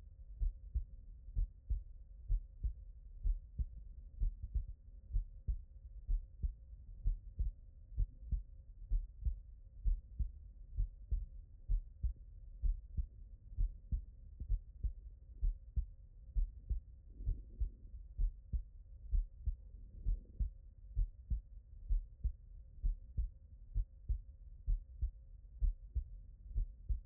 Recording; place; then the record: heart sounds by stethoscope; tricuspid valve (TV)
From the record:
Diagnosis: non-HFrEF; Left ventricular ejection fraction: 62%